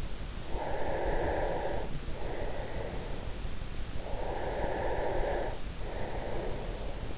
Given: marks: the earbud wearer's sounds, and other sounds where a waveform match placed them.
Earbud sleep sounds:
sounds in sleep by an in-ear microphone; breath
0.46-3.24 s: breath
3.88-7.17 s: breath

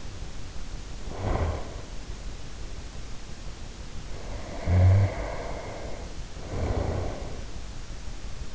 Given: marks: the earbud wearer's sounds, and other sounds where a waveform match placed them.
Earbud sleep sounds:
sounds in sleep by an in-ear microphone; snoring breath
0.94-1.89 s: snoring breath
4.09-7.47 s: snoring breath

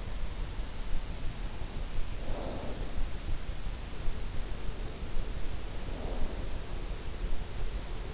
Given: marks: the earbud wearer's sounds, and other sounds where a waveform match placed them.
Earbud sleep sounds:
sounds in sleep by an in-ear microphone; snoring breath
2.32-2.95 s: snoring breath
5.81-6.49 s: snoring breath

